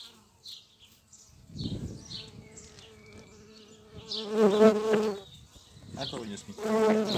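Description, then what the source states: Bee flight buzz, a low hum that swells loudly twice, with high chirps in the background and a brief rumble. Flight sounds of bumblebees and bees in the local area, date code 220507.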